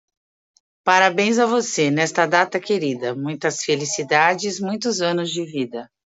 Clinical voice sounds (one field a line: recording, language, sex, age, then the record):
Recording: short text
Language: Brazilian Portuguese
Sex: female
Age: 40 to 49 years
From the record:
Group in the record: control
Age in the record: 48 years